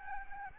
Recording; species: mosquito wingbeat signal from an infrared sensor; Aedes albopictus